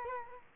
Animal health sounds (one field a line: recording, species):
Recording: mosquito wingbeat signal from an infrared sensor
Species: Culex quinquefasciatus